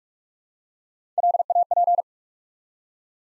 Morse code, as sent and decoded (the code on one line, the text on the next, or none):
.-.. .- .--.
LAP